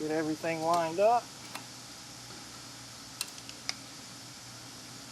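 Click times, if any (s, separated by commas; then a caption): none. Someone talks at the start while a carbon fiber turbo inlet pipe is lined up onto its turbocharger intake fitting on a BMW F90 M5 engine. After that, a few faint, sharp taps are heard near 1.6, 3.2, 3.5 and 3.7 seconds over a low steady hum. Nothing has seated or clicked into place yet.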